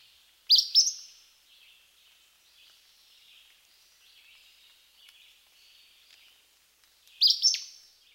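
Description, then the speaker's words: Acadian Flycatcher giving its explosive two-part song twice, about seven seconds apart. Sharp, abrupt two-noted song, typically repeated with little or no variation; voice is the best means of identification among look-alike Empidonax flycatchers. "Listen to the sharp, abrupt vocalization of the Acadian flycatcher."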